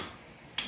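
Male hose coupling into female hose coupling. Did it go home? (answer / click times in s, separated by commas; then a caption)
yes / 0.6 s. A male fire hose coupling is pushed with force into a female fire hose coupling, with a foot used for support. After a low, quiet stretch, a sharp click sounds at 0.6 s. The coupling is now locked together and will not come apart.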